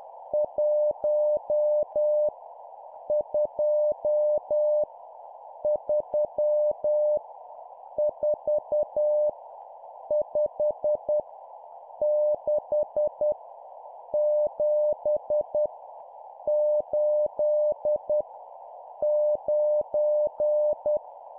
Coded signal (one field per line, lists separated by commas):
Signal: Morse code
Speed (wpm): 10 wpm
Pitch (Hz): 600 Hz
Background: none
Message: 1 2 3 4 5 6 7 8 9